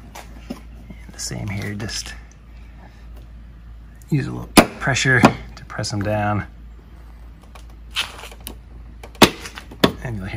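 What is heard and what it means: Plastic trim push rivets are pressed down with light pressure into the bumper or undertray panel holes of a 2017 BMW X4/X3 M40i during a CURT 13316 hitch install. Someone talks over faint handling noises, and a rivet snaps into place with a sharp click at 9.8 s, seating it.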